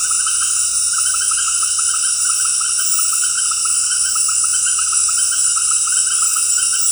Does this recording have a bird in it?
no